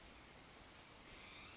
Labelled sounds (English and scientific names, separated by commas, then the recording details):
California Towhee (Melozone crissalis)
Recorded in Sonoma County, California